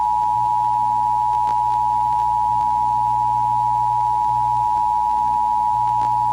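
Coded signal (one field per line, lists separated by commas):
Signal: Emergency Alert System (SAME) tones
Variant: 853 and 960 Hz attention tone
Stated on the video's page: Fictional scenario.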